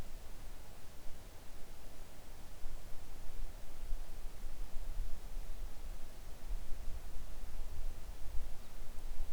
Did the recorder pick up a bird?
no